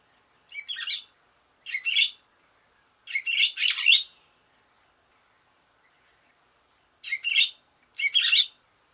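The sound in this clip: Barn swallow calls: two short scratchy chirps, a two-part burst in the middle, a quiet stretch, then two more chirps.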